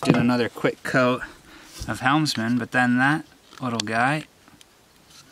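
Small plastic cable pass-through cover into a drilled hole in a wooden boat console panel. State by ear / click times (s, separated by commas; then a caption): seated / 4.6 s. A small plastic pass-through cover for fish-finder wiring is pressed into a freshly drilled hole, given a quick coat of Helmsman varnish, in a wooden boat console panel. Someone talks for most of the clip, then a short, sharp click at 4.6 s marks the cover seating in the hole.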